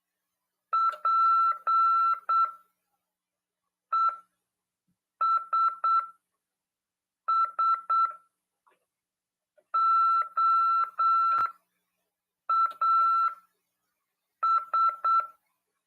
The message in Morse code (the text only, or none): PESSOAS